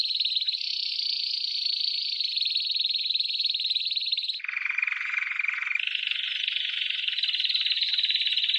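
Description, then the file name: Canary delivering a long high buzzy trill, then a brief lower rolling phrase before rising again into another sustained high trill. "Canary Voice"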